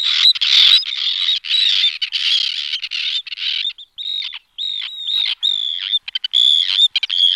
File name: rybák dlouhoocasý